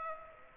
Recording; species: mosquito wingbeat signal from an infrared sensor; Aedes aegypti